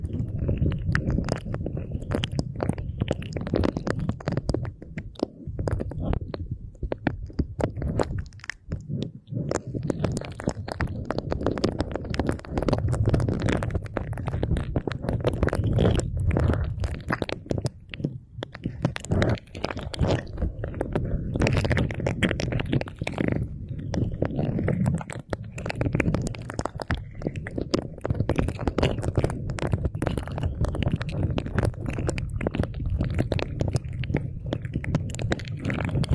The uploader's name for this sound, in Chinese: 掏耳无人声